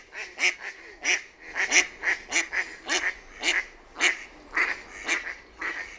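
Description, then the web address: Mallard quacking, a fast run of harsh, nasal quacks, uneven in loudness and spacing. "SINISORSA. OMAT LINTUAANITYKSET"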